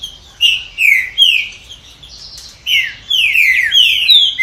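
Green-winged saltator: a few loud, falling whistles, a pause, then a rapid run of slurred notes.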